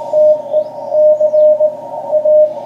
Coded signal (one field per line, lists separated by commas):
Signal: Morse code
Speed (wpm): 18 wpm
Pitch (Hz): 610 Hz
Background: none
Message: TE CA